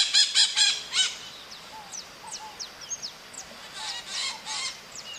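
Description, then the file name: Parrot calls: a burst of harsh, rapid screeching notes at the start, then scattered shorter squawks and chattering through the rest. "Maritaca"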